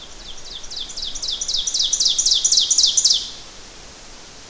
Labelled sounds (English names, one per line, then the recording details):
Ovenbird song
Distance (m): 15 m
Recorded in boreal forest in Alberta, Canada, on 12 June 2016 at 06:58
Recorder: SongMeter 3, array SBT-3-18
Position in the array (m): 245 m, 95 m
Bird 31